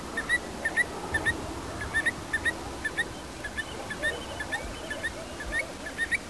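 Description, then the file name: Eurasian stone-curlew calling: short shrill whistled notes in uneven pairs and bursts, rather faint against a rustling background. "occhione"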